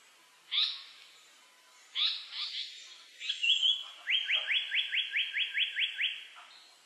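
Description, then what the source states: Japanese paradise flycatcher song: buzzy introductory notes and a brief whistle, followed by a fast, even run of many swept notes. Recorded 22 June 2003.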